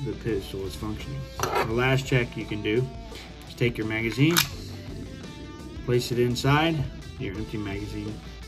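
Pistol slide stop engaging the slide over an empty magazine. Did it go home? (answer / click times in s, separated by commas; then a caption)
no / none. Someone talks over background music while handling a striker-fired pistol during a function check, getting ready to insert an empty magazine so the slide stop will catch and lock the slide open. Nothing has seated or clicked yet.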